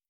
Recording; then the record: hydrophone in a shrimp aquaculture tank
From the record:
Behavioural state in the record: starved